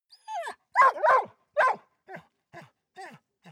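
Dog giving a short whine followed by a series of sharp barks, first loud and close together, then softer yelps spaced about half a second apart.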